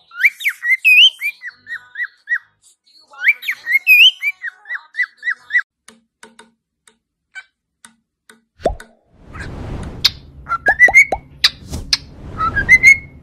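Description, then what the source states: Cockatiel whistling: climbing and falling whistled phrases, a pause with faint clicks, then a burst of rustling noise under more rising whistles. Several cockatiels whistling, singing.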